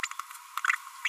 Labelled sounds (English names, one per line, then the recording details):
Green-rumped Parrotlet babbling
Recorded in a nest box in Venezuela
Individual 18B25A5